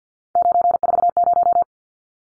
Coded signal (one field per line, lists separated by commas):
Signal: Morse code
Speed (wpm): 50 wpm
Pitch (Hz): 700 Hz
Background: none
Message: 940